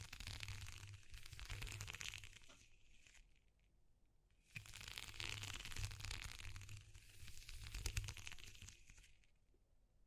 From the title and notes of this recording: ASMR Exploring Textures (No Talking).